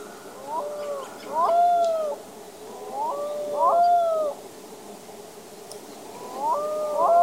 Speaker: man hör ju det här karaktäristiska storlomslätet, men så är det som ett yl också.